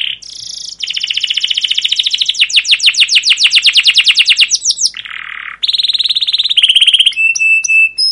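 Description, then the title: Canary song: a long fast trill, then a low buzzy phrase, steady tones and high clipped notes. Canary song used as a lure and master recording for training young canaries to learn sounds; long rolling 'cuit cuit' chirping described as persistent and emotive. "PANCINGAN Kenari GACOR PANJANG Cuit CUIT EMOSI utk MASTERAN Kenari PAUD belajar BUNYI"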